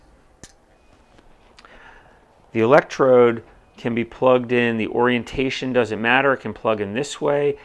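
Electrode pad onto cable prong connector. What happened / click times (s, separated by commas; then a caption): The electrode pad snapped onto the cable connector / 0.4 s, 1.6 s. An electrode pad is pushed onto a prong connector at the end of a therapy cable without squeezing the prongs. It clicks into place at 0.4 s and 1.6 s, with a softer tick between. The pad is seated, and then someone talks.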